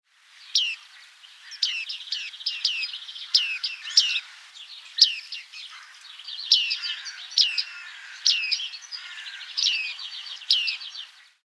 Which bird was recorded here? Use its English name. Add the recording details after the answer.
Bearded Reedling. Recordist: Tembrock, Günter. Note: Männchen: Rufe